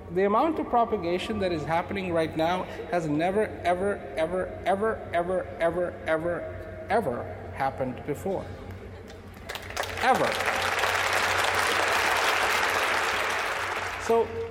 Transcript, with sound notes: the amount of propagation that is happening right now has never, ever, ever, ever, ever, ever, ever, ever happened before (applause) ever so